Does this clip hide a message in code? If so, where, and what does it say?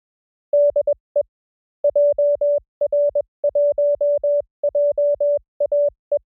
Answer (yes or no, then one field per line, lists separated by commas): yes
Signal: Morse code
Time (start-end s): 0.5-6.2 s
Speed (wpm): 21 wpm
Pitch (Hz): 590 Hz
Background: none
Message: DE JR1JAE